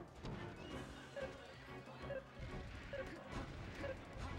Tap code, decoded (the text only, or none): none